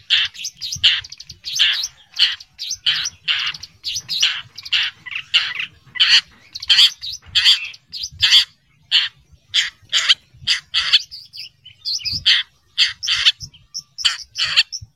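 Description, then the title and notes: Long-tailed shrike song: a rapid series of scratchy, chattering bursts. "Kicau Burung Cendet"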